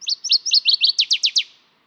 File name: Northern Waterthrush - Parkesia noveboracensis